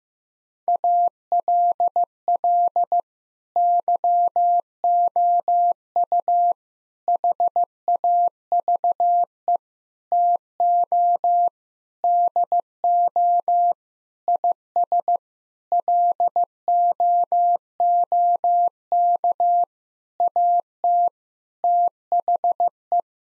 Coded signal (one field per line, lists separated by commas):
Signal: Morse code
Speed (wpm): 15 wpm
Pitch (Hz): 700 Hz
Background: none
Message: ALL YOU HAVE TO DO IS LOOK AT THE